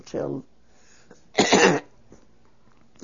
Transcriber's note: she clears her throat